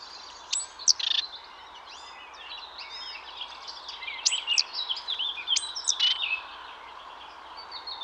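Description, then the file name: Great tit calls: high thin notes with buzzy, harsh bursts, repeated a few times, while other birds twitter and chirp continuously. "Parus major"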